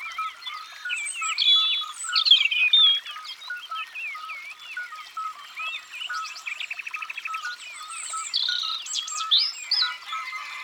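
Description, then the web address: European robin song: sweet tumbling phrases of high, sliding whistles and a quick rattling trill, over a soft, evenly repeated background note. "Rougegorge-familier abc-de-la-nature"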